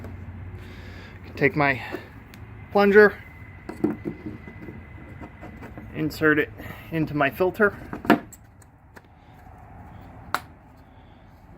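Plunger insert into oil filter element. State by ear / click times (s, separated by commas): seated / 10.4 s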